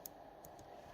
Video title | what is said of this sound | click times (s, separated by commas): Xiegu X6100 Firmware 1.1.4 Full Set up transfer (February 2022) | you get a little click | 0.1 s